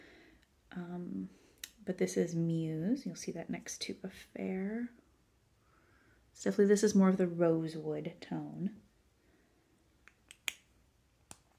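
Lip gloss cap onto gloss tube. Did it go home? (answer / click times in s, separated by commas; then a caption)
yes / 10.5 s. A woman talks while showing a lip gloss shade, then closes the cap on the lip gloss tube. A few small ticks lead up to one sharp click at 10.5 s as the cap snaps shut and seats.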